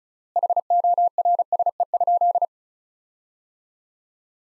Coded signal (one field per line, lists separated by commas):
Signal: Morse code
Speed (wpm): 34 wpm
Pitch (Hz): 700 Hz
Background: none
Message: HORSE?